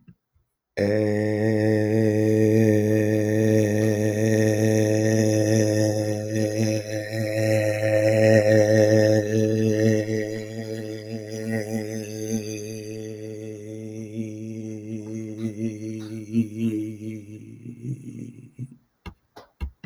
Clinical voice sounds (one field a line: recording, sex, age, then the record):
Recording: vowel held as long as possible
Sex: male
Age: 20 to 29 years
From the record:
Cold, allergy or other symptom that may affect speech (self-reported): no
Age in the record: 27 years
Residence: Georgia, United States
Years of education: 16